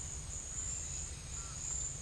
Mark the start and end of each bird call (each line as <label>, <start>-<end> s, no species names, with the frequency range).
bird call (0.9-3.6 kHz), 1.32-1.61 s